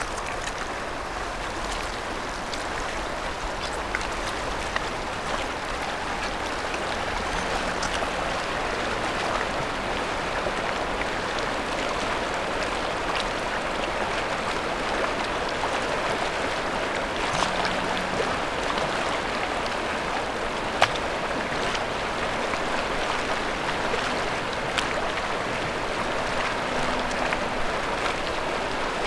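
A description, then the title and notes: A river rushes with a steady, dense wash of water, its level constant, while faint low engine hums drift through. The Ottawa River (in French : Rivière des Outaouais, in Algonquin: Kichisìpi or Great River) divides the provinces of Ontario and Québec. This recording was made upstream of downtown Ottawa before the Chaudière Falls. The current is strong.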